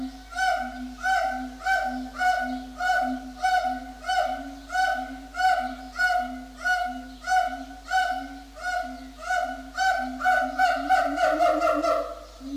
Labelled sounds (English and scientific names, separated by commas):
Siamang (Symphalangus syndactylus)